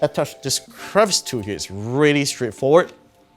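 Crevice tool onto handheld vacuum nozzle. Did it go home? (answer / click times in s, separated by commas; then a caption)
no / none. Someone talks while a plastic crevice tool is being handled for pushing onto the nozzle of the Dreame M12's handheld vacuum unit. The clip ends before the tool goes home, so nothing has seated or clicked yet.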